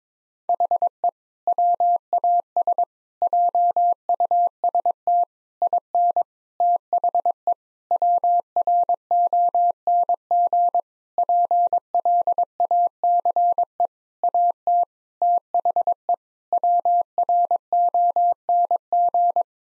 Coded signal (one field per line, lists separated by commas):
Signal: Morse code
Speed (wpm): 22 wpm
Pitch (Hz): 700 Hz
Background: none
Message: HE WAS JUST IN THE WRONG PLACE AT THE WRONG